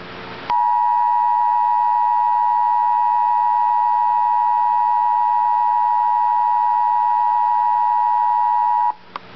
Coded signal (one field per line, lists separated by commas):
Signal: Emergency Alert System (SAME) tones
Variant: 853 and 960 Hz attention tone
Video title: Real EAS Alert #25- Flood Advisory